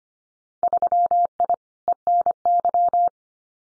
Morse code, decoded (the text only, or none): 3I ENY